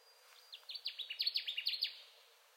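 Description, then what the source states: Connecticut warbler singing one emphatic phrase of repeated clipped, downward-sweeping notes, ending abruptly, with faint background hiss. Recorded 10 June 2021; the recording holds seven songs.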